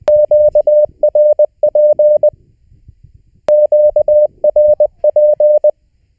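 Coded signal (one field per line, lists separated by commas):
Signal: Morse code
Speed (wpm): 20 wpm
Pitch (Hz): 600 Hz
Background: radio noise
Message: QRP QRP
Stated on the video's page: Morse lesson homework for the fourth session of a learning series.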